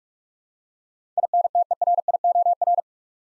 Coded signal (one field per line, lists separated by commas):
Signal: Morse code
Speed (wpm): 46 wpm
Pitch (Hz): 700 Hz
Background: none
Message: INTERIOR